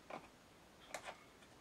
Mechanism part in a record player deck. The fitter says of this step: Turn that and should lock into place. There we go.